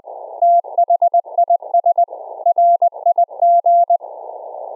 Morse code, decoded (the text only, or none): THIS RIG